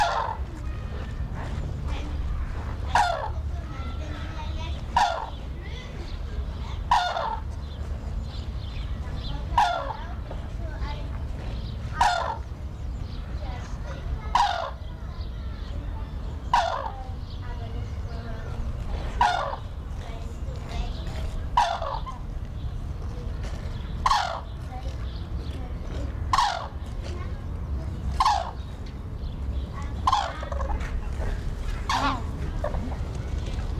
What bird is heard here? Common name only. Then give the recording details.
Red-crowned Crane. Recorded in captivity. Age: adult. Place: Zoo Berlin, Berlin, DE. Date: 1993-04-02 12:17. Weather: sonnig, -1 bis + 5 °C. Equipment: Marantz CP 430, Sennheiser ME 80, Kopie Uher Variocord 263. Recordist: Tembrock, Günter. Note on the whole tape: Rufreihe